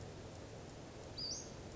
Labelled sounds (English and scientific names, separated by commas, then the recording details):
Western Flycatcher (Empidonax difficilis)
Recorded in Sonoma County, California